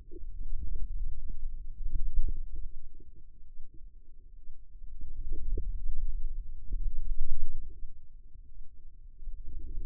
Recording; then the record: forearm muscle sounds (acoustic myography)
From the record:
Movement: wrist extension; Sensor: system 2, bracelet of six BSWA MPA416 microphones around the upper forearm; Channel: 5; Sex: female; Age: 25 years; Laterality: right